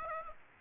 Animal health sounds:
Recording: mosquito wingbeat signal from an infrared sensor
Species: Aedes aegypti

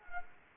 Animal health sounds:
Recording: mosquito wingbeat signal from an infrared sensor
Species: Anopheles arabiensis

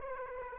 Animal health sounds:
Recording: mosquito wingbeat signal from an infrared sensor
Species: Aedes aegypti

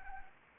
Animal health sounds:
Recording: mosquito wingbeat signal from an infrared sensor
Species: Anopheles arabiensis

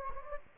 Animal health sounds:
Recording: mosquito wingbeat signal from an infrared sensor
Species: Anopheles gambiae

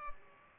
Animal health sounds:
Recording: mosquito wingbeat signal from an infrared sensor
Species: Culex pipiens

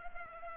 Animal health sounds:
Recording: mosquito wingbeat signal from an infrared sensor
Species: Culex pipiens

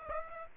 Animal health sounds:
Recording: mosquito wingbeat signal from an infrared sensor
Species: Aedes aegypti

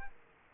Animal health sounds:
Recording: mosquito wingbeat signal from an infrared sensor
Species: Aedes aegypti

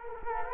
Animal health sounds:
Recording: mosquito wingbeat signal from an infrared sensor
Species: Culex quinquefasciatus

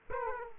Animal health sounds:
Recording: mosquito wingbeat signal from an infrared sensor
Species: Aedes aegypti

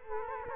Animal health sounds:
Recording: mosquito wingbeat signal from an infrared sensor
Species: Culex quinquefasciatus

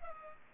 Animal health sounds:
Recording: mosquito wingbeat signal from an infrared sensor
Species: Culex pipiens

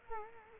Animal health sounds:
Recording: mosquito wingbeat signal from an infrared sensor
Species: Culex quinquefasciatus

